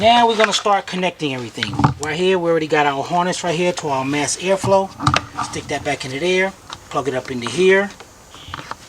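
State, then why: Not seated. A wiring harness plug is handled and pushed toward the mass airflow sensor while someone talks throughout. A few brief, faint taps sound near the end, but nothing has seated or clicked yet.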